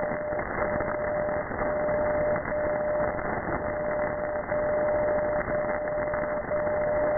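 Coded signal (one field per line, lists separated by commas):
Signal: radio time signal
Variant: DCF77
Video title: 77 5 kHz DCF77 Jan 20,2020 1944 UTC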